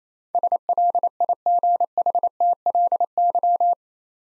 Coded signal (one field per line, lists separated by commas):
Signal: Morse code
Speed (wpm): 28 wpm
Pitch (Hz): 700 Hz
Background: none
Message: SLIGHTLY